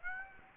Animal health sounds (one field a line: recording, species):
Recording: mosquito wingbeat signal from an infrared sensor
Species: Aedes aegypti